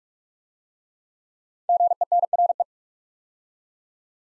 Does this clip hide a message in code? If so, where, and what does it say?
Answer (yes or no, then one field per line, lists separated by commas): yes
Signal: Morse code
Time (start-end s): 1.7-2.6 s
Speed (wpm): 44 wpm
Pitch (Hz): 700 Hz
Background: none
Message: GENRE